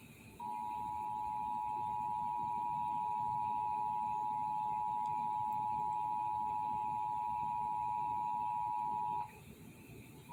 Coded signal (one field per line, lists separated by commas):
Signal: Emergency Alert System (SAME) tones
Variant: 853 and 960 Hz attention tone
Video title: EAS test on WAAY 31 ABC (January 7th 2021)